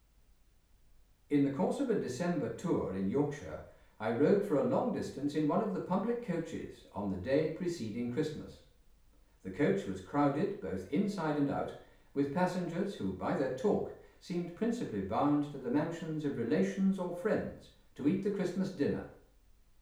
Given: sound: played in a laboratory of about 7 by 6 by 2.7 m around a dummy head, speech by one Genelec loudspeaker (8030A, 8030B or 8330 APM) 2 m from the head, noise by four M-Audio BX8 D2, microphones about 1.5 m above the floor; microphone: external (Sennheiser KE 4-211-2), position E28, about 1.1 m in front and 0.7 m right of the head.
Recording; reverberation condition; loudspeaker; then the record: male speech in English; medium; 60 degrees to the left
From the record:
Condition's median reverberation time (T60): about 510 ms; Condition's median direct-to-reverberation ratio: about -0.5 dB